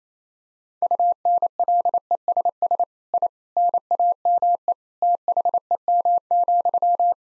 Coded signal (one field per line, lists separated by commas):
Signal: Morse code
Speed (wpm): 28 wpm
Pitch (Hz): 700 Hz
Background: none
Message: UNLESS I NAME THEM,